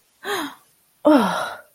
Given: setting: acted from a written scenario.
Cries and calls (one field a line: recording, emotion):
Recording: vocal sound without words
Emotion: disgust